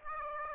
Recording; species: mosquito wingbeat signal from an infrared sensor; Aedes aegypti